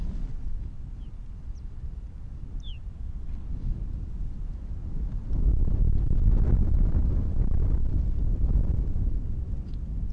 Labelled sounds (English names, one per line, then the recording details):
Arctic Fox
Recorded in the wild
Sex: diverse
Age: adult
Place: Insel Mednyi, Kommandeur-Inseln, RU
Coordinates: 54.5167, 168.083
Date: 1999-08-11
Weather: 10°C, hervorragende Sicht, Nordwind
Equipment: Sony WM-D6C, Sennheiser ME 80, K 30 AV, Windkorb, Kopie Tascam DA 30
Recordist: Jakupi, Antje
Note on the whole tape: Südosten der Insel, Haupttal, Weggabelung: Wechselbellen von 3 Tieren. Fähe weiss/weiss 31 direkt beim Beobachter (Entfernung 5 m, meist übersteuert!!!), Tier vom Berggrat und Tier aus dem Hüttental